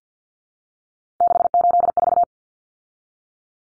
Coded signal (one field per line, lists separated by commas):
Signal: Morse code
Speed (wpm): 50 wpm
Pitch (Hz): 700 Hz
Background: none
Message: 684